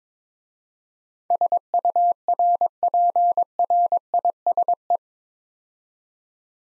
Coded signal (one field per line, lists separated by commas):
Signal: Morse code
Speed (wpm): 23 wpm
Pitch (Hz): 700 Hz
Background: none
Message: SURPRISE